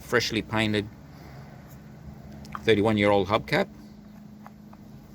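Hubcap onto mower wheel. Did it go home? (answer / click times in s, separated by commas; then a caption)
no / none. Someone talks while a freshly painted, 31-year-old plastic hubcap is handled, ready to be pressed onto a lawn mower wheel on the front axle. Faint handling ticks come at about 2.5 s and 4.5 s over a low steady hum. Nothing has clicked or seated yet.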